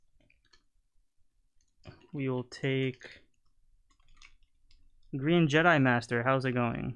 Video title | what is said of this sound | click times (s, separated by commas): GIJOE Classified Haslab Dragonfly Unboxing! Wild Bill - Glenda - Nightforce Ripcord & Crazy Legs | So we'll just place that in here. Snaps into place. | 0.3 s, 0.5 s